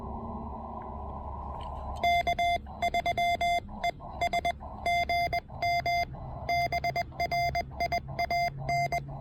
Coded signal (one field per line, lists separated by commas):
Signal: Morse code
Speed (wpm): 20 wpm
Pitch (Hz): 690 Hz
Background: none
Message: K3ES GM BRIAN